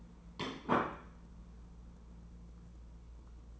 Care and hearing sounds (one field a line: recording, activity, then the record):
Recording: daily activity, microphone in the room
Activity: place plate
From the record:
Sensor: 1